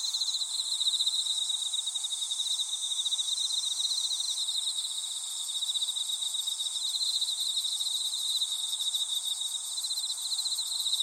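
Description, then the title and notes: Continuous insect trilling, a high pulsing band beneath a brighter shrill hiss, unchanging for the whole stretch. Insects calling in a grassy thicket. "草むらにいる虫の声"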